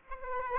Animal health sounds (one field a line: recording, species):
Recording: mosquito wingbeat signal from an infrared sensor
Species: Aedes aegypti